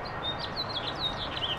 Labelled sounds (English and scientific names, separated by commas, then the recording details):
House Finch (Haemorhous mexicanus) song
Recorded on Long Island, New York, on 21 April 2011
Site PW
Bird B